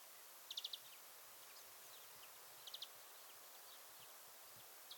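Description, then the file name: European greenfinch calls: short bursts of three or four quick, high, chipping notes, given about three times in five seconds over steady background noise. "Chloris chloris"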